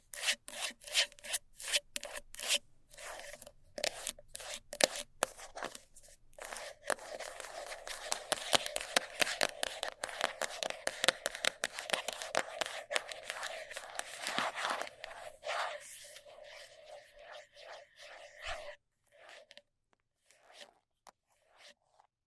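Fast scratching, a dry rasping rub repeated in quick strokes. The strokes run together into a dense, bright stretch from about seven to sixteen seconds, then thin out into separate scrapes with short gaps before stopping near twenty-two seconds.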